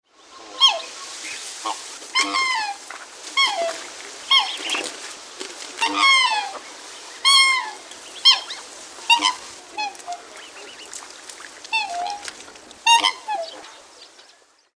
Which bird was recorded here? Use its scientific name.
Cygnus atratus